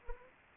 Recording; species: mosquito wingbeat signal from an infrared sensor; Anopheles arabiensis